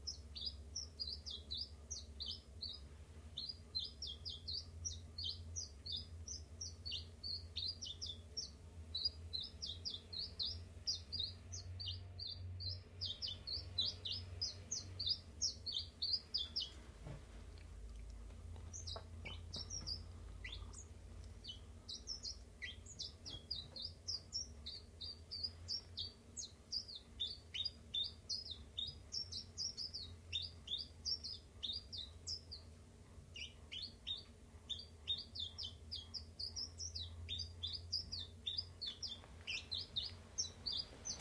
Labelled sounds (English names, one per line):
Common Chiffchaff